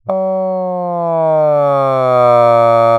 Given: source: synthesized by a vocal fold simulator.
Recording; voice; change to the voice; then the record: sustained vowel; male; asymmetry, level 23 of 51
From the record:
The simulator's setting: 3.20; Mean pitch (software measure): 150 Hz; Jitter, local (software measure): 0.21%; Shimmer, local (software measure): 1.4%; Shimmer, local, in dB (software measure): 0.15 dB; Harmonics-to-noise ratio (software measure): 33.3 dB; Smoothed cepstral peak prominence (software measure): 23.5 dB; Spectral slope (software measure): -18.7 dB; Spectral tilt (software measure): -12.8 dB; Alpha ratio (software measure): -9.2 dB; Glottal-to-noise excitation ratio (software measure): 0.976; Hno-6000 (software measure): 2.7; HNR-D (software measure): 30.9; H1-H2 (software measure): 5.1 dB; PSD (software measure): 1.2e-03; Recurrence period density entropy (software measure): 0.107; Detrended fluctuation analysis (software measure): 0.0491